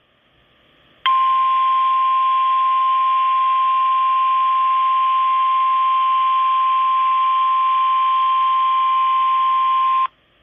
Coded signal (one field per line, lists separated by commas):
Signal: Emergency Alert System (SAME) tones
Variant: 1050 Hz attention tone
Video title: EAS #399-400!: Caught Me Off Guard (Double-Header WSWs on KIG86) (1/22/23)